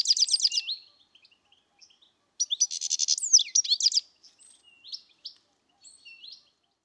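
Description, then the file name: European goldfinch calls: bursts of rapid liquid twittering and buzzy trills in high pitch, with pauses between bouts and softer notes near the end. "Carduelis carduelis"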